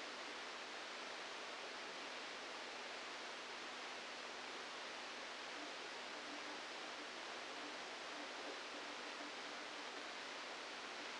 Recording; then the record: brain microelectrode recording played as sound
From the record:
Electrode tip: inside the subthalamic nucleus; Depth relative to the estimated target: -3 mm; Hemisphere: left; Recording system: NeuroSet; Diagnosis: Parkinson's disease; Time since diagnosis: 27 years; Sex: male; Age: 62 years